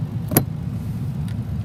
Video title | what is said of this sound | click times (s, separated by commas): How to Change Windshield Wipers Quickly! | that in there and then I'm just going to slide it in and then you hear a little click | 0.4 s